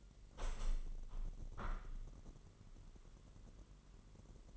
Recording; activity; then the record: daily activity, microphone in the room; open window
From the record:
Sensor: 4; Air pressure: 999.5 hPa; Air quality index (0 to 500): 116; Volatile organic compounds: 2 ppm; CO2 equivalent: 1152 ppm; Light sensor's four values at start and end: 15/36/15/16 and 15/36/15/16